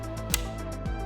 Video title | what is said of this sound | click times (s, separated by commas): Assembly: RS 181 Spectre Assembly Video - Crestline How To's | Lastly, I'll reattach the power cable to the battery. You should hear a nice audible click. | 0.3 s